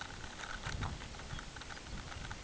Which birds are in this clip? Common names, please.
none